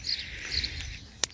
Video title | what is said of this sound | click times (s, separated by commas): Musluk tipi zamanlayıcı ile Fidan sulama işlemi. | aparatı çık diye yerine geçti aynı | 1.2 s